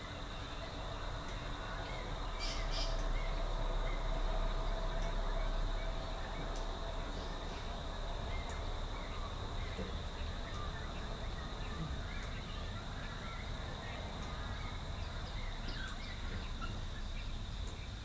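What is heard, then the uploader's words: A rural dawn chorus in Rathdowney, Queensland: scattered bird calls and chirps over a steady low rumble and a constant high, thin whine. Sharp little clicks recur every second or two, and everything swells slightly louder between about three and six seconds. Rural Dawn Chorus, Rathdowney, Queensland. It's recorded using two microphones placed as if they were human ears. Today it's the Dawn Chorus in the tiny town of Rathdowney, Queensland.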